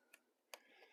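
On a 2012 Mercedes S550 during an air filter change, a plastic electrical connector is pushed into its sensor socket on the air intake. A faint tick sounds at 0.1 s, then a short, sharp click at 0.5 s as the connector seats in place.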